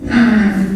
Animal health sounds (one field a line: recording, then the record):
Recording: squeal of a Yucatan mini pig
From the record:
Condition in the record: after surgery on the right vocal fold (resection and tissue-engineered implant)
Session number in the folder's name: 1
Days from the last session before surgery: 13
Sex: female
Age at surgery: 19 weeks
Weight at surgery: 25 kg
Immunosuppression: prednisolone